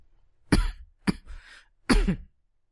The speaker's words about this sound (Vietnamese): Mọi người thông cảm nhé, ho quá.